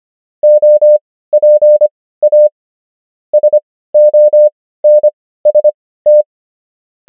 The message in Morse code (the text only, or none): OPA SONST